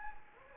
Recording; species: mosquito wingbeat signal from an infrared sensor; Anopheles gambiae